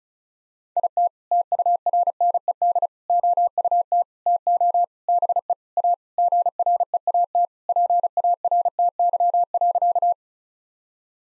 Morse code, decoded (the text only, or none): IT TURNED OUT TO BE A GREAT PARTY.